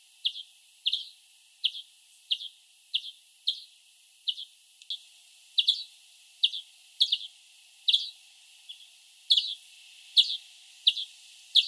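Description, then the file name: European greenfinch giving a steady series of sharp, clipped call notes. "Chloris chloris"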